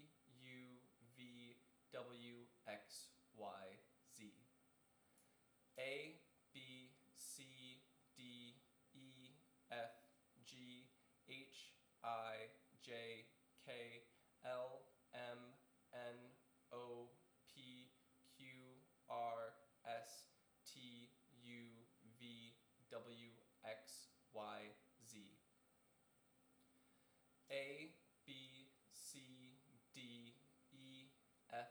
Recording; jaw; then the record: letters of the alphabet, spoken; free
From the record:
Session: seven days later